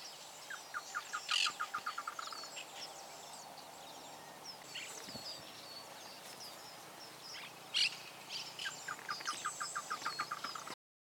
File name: chotoy voz